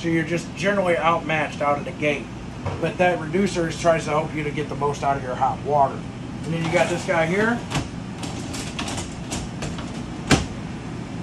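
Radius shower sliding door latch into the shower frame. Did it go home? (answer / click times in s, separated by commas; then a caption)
yes / 10.3 s. Someone talks while the radius sliding shower door on a 2024 Forest River Salem Platinum 22ERASX RV is slid closed along its frame, with softer knocks at 8.8 s and 9.6 s. A sharp click at 10.3 s is the door latch locking into place in the shower frame.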